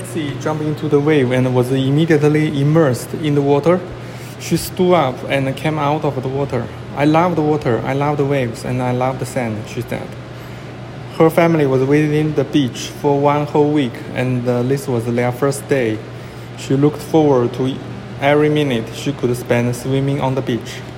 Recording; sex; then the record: reading aloud after running; male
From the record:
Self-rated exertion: light exertion (2 of 6); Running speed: 7 miles an hour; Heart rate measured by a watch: 50 beats a minute at the start, 95 at the end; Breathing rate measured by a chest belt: 17 breaths a minute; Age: 37 years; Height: 174 cm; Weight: 76 kg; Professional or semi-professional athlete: no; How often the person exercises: over 5 times a week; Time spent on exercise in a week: over 5 hours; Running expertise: yes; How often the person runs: 3 to 5 times a week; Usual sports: running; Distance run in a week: 70 km